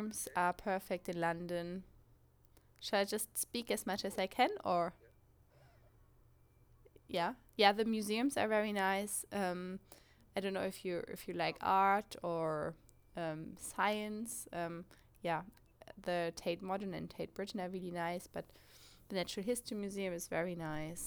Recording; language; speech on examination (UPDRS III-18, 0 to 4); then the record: conversation on a phone call; English; 0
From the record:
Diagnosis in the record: healthy control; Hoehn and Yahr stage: 0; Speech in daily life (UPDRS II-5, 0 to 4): 0